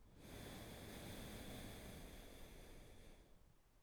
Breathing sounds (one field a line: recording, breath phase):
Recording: one breath near a microphone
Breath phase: exhalation